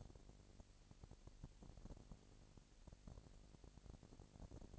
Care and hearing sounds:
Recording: daily activity, microphone in the room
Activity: no activity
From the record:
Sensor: 5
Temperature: 20.1 degrees Celsius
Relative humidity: 38.2%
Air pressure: 998.9 hPa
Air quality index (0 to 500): 218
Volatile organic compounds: 24 ppm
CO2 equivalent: 2811 ppm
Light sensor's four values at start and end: 2/3/1/1 and 2/3/1/1

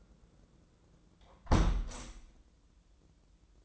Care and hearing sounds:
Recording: daily activity, microphone in the room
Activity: close window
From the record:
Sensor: 3

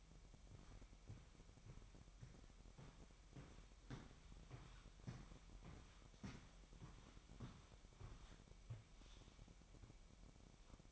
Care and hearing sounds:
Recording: daily activity, microphone in the room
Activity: walk to room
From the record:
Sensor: 1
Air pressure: 1012.2 hPa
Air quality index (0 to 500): 194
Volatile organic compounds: 4 ppm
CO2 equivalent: 1559 ppm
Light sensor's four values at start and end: 80/192/81/86 and 76/181/77/81

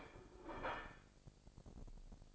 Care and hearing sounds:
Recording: daily activity, microphone in the room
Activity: place plate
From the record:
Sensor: 5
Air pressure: 1007.6 hPa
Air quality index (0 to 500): 93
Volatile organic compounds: 1 ppm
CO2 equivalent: 732 ppm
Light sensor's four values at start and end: 32/74/30/30 and 32/74/30/30

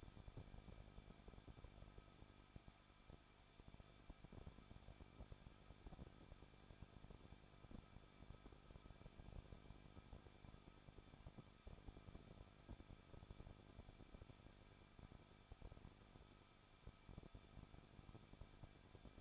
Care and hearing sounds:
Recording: daily activity, microphone in the room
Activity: no activity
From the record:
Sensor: 5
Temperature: 20.8 degrees Celsius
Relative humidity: 38.2%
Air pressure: 1006.5 hPa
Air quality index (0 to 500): 187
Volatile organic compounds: 18 ppm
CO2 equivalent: 2624 ppm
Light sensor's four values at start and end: 2/3/1/1 and 2/3/1/1

